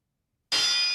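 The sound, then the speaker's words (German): After half a second of silence, a metal prison door clangs shut with one sudden, loud impact, its bright, high-pitched ring sustaining without fading. “Türen.”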